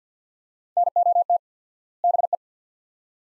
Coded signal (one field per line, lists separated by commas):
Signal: Morse code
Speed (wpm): 50 wpm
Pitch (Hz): 700 Hz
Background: none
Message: NOT BE